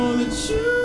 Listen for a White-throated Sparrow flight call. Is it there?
no